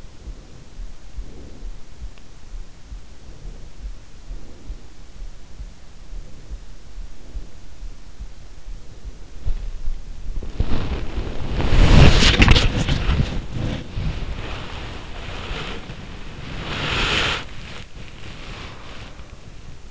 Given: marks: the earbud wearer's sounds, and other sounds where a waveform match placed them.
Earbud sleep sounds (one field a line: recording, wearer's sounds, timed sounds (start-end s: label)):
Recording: sounds in sleep by an in-ear microphone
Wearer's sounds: breath, body movement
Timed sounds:
0.00-1.90 s: breath
2.91-5.23 s: breath
5.95-7.85 s: breath
9.01-19.91 s: body movement